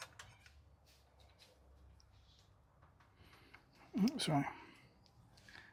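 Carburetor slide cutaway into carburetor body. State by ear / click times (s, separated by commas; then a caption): not seated / none. A metal carburetor slide cutaway is picked up and lined up for pushing into the carburetor body during an RD500 carburetor rebuild. Light metallic handling taps are heard, and someone talks briefly. Nothing has seated or clicked into place yet.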